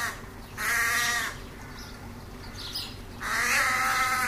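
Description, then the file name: Carrion crow calls: two long, harsh, nasal drawn-out cries over steady low background noise. "Corvus corone"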